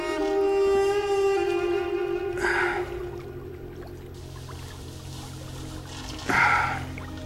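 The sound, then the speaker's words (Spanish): Two brief bursts of splashing water, several seconds apart, as a man scoops river water onto his face, arms and neck while washing in a river, over a steady low tonal hum that fades after the first splash. “Mientras se lava en el río, ambos se lanzan miradas alternas con disimulo.”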